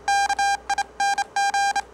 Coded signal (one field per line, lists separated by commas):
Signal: Morse code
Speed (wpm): 29 wpm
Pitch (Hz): 800 Hz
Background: none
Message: KING